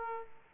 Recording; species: mosquito wingbeat signal from an infrared sensor; Aedes aegypti